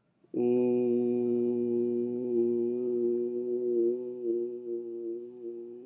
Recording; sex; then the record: sustained vowel /u/; male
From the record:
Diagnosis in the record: healthy control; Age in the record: 60 years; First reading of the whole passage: 60 s, 8.3 characters per second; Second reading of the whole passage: 54 s, 9.4 characters per second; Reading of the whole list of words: 38 s, 7.2 characters per second